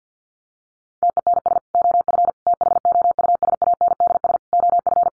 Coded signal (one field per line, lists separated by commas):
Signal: Morse code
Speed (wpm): 50 wpm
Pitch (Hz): 700 Hz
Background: none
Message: TENS OF THOUSANDS OF